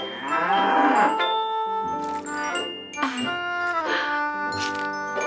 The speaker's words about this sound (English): I did it! I'm milking the cow! Good job, my dear girl.